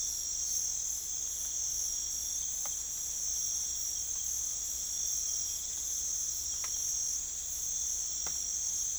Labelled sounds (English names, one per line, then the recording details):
none
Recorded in pastures near Puerto Asís, Putumayo, Colombia, on 21 December 2024 at 03:00
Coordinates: 0.487, -76.322
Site GP09